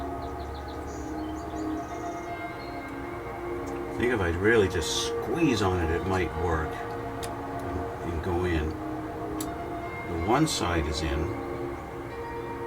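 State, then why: Seated. A plastic part of a Revell GMC Syclone scale-model car kit, a chassis or axle piece with one side already in, is squeezed so the other side presses back into its locating spot in the kit chassis while someone talks over a steady background hum. The part snaps into place with a short click at 9.4 s and is seated.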